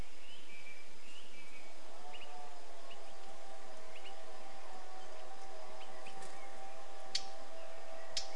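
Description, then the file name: Eurasian blackcap calls: two hard, sharp ticks about a second apart near the end, over faint thin chirps and a low steady hum. "Sylvia atricapilla"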